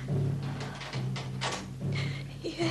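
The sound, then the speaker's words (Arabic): In a radio drama, a door opens as someone enters, with a series of scraping, clattering bursts over about a second, followed by softer rustling, all over a steady low electrical hum. “ده حد جاي على هنا. لما ادخل واقف الباب ورايا.”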